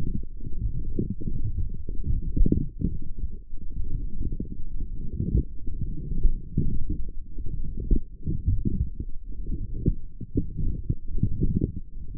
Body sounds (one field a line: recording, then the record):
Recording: forearm muscle sounds (acoustic myography)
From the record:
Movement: forearm pronation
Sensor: system 1, eight BSWA MPA416 microphones around the upper forearm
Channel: 8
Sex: male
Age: 23 years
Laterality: right